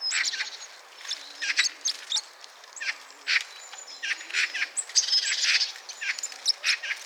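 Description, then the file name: Blue tit calling with a quick series of high, sharp notes and hooked chirps. "Cyanistes caeruleus"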